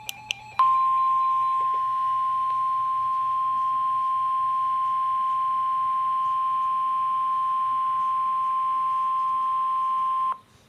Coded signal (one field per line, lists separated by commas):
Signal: Emergency Alert System (SAME) tones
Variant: 1050 Hz attention tone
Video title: EAS #34 - Severe Thunderstorm Warning Marshall AL